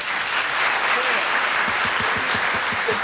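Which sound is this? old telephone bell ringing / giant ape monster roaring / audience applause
audience applause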